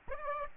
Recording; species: mosquito wingbeat signal from an infrared sensor; Aedes aegypti